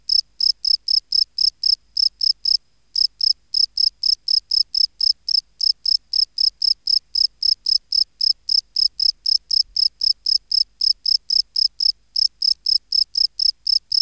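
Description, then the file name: Field cricket song of clear, high chirps repeated roughly four times a second, briefly pausing near three seconds and again near twelve seconds, otherwise quiet background. "Gryllus campestris"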